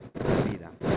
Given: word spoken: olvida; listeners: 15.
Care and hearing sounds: one Spanish word in noise, from a listening test; noise modulated by one talker; -11.5 dB; 0 of 15; 6 of 15; 0.57 s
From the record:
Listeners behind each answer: 6, 5, 1, 1, 1, 1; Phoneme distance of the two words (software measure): 24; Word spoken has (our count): 3 syllables, 6 phonemes, stress on syllable 2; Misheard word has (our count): 2 syllables, 4 phonemes, stress on syllable 1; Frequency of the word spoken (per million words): 12.12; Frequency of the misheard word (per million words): 809.46

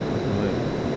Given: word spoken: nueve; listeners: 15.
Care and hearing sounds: one Spanish word in noise, from a listening test; speech-shaped noise; -4.0 dB; 3 of 15; 7 of 15; 0.56 s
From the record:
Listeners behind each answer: 7, 3, 2, 1, 1, 1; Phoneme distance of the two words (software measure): 10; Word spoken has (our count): 2 syllables, 5 phonemes, stress on syllable 1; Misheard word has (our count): 2 syllables, 5 phonemes, stress on syllable 1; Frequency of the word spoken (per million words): 79.00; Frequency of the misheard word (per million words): 506.44

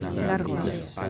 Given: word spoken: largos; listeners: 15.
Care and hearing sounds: one Spanish word in noise, from a listening test; eight-talker babble; -1.9 dB; 3 of 15; 8 of 15; 0.69 s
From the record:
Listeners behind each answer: 8, 3, 1, 1, 1, 1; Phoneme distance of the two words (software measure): 10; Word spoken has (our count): 2 syllables, 6 phonemes, stress on syllable 1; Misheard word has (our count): 2 syllables, 6 phonemes, stress on syllable 1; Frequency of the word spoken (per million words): 32.14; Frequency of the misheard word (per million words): 41.37

